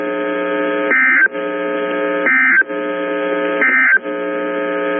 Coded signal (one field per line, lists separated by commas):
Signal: Emergency Alert System (SAME) tones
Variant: end-of-message bursts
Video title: Sioux Falls SD NOAA Weather Radio Severe Thunderstorm Warning EAS WXM28 5 13 PM 5 12 2022